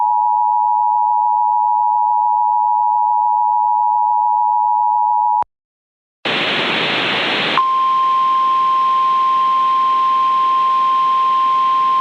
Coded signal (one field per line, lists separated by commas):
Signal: Emergency Alert System (SAME) tones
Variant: 853 and 960 Hz attention tone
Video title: EAS MOCK: Iln thing idk